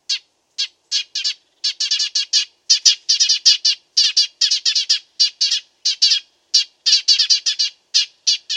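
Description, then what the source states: Dead Sea sparrow chirping almost continuously, bright sharp notes in dense runs and short clusters; nothing else audible. Tutor track for training songbirds (masteran).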